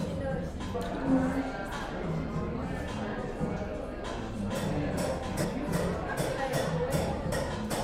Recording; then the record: background sound without coughing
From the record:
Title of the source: 60 minutes of coffee shop sounds for study and concentration